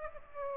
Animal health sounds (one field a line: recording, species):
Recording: mosquito wingbeat signal from an infrared sensor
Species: Aedes aegypti